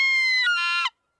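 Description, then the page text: American Herring Gull call, one loud harmonic-rich squealing note lasting under a second, falling slightly in pitch, then silence. "American Herring Gull. BirdNote. Chirp Nature Center"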